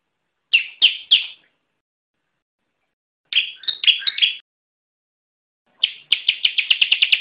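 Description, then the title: Bar-winged prinia song: three sharp chirps, a pause, a jumbled group of chirps, then a fast trill; background silent. "Ciblek"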